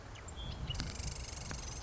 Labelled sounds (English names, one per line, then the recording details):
Marsh Wren
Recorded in Sonoma County, California